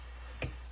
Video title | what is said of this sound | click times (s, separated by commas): Whatcha Cooking Wednesday 10/9/24 | Give it a quarter turn, that locks it on, all right? | 0.4 s